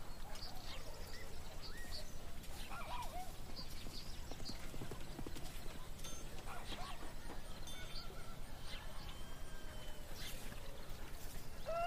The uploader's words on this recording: Peaceful fantasy town in the morning. Birds singing, people in the town doing their work, horse carts and farm animals.